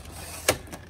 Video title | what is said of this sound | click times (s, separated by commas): 2019 Winnebago Minnie in Atlanta GA | close that up clicks | 0.5 s